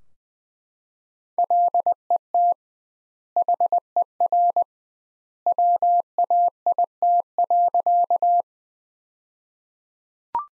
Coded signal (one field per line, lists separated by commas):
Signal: Morse code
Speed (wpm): 20 wpm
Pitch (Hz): 700 Hz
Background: none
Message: LET HER WAIT.